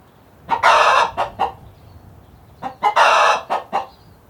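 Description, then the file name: Chickens clucking: two bursts of loud, harsh drawn-out squawks, each preceded and followed by short sharp clucks, separated by a quiet pause. Several chickens recorded inside a hen house on a farm. "felix blume animals chickens"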